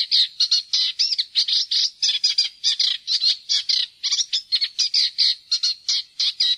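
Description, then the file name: Eurasian reed warbler song, loud and dense, with churring, chattering phrases running almost without a break. "roersanger"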